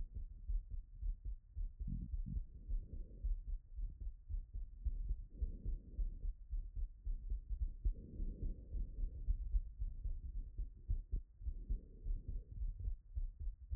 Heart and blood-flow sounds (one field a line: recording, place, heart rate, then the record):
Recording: heart sounds by stethoscope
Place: Erb's point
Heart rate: 108 bpm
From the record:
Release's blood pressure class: normal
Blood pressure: 118/73 mmHg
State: after exercise